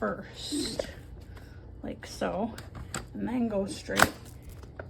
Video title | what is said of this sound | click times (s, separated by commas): Review Kenmore DU5092 Bagless Upright Vacuum Lift-Up Carpet Vacuum Cleaner 2-Motor Power Suction wit | and push until you hear it click. And then you can lift up and it's not going to come out. | 4.8 s